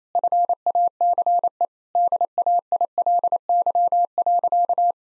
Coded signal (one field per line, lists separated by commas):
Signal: Morse code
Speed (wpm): 28 wpm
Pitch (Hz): 700 Hz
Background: none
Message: FACE DAILY.